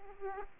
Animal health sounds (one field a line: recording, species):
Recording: mosquito wingbeat signal from an infrared sensor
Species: Aedes aegypti